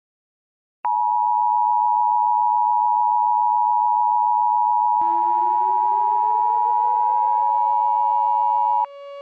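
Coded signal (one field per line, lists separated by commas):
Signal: Emergency Alert System (SAME) tones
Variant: 853 and 960 Hz attention tone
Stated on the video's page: Fictional EAS scenario with valid EAS tones.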